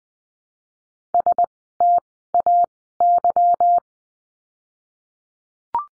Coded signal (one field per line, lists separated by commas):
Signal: Morse code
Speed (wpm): 20 wpm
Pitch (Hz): 700 Hz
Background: none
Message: STAY